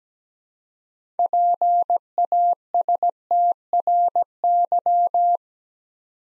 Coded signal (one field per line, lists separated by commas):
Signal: Morse code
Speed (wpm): 17 wpm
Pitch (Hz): 700 Hz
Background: none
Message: PASTRY